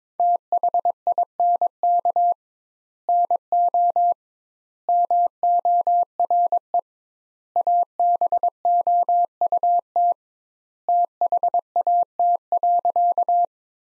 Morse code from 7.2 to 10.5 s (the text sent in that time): ABOUT